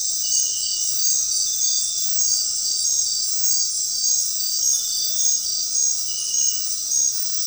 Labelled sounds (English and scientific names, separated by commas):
none